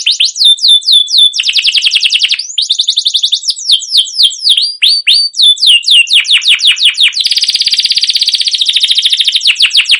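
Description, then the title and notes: Canary song made of quick repeated slurred chirps and fast trilled rolls, delivered almost nonstop at high pitch. Long continuous chirping and rolling song, used as a lure to stimulate young canaries to sing and learn sounds. "CUIT CUIT NGEROL LANGSUNG GACOR PANJANG Kenari Ini AMPUH utk Pancingan KENARI PAUD BELAJAR BUNYI. burung kenari"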